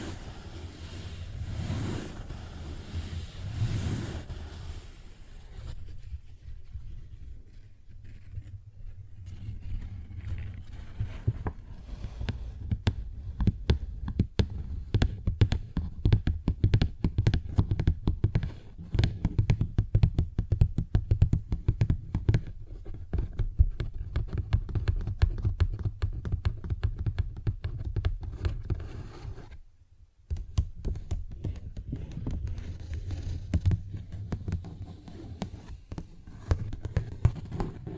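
Paper bag being handled: a few soft rustles at the start give way, after about six seconds, to a dense, irregular run of sharp taps and scratchy clicks that continues to the end. A low steady rumble sits underneath, with one brief pause near thirty seconds.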